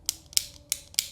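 An Ultimate Valkyrie Beyblade Burst Dynamite Battle spinning top, with its dash driver, is twisted together with its layer/disc, and its lock mechanism clicks. Four sharp, bright clicks land at 0.1, 0.4, 0.7 and 1.0 seconds, with fainter ticks between them. The parts are confirmed seated.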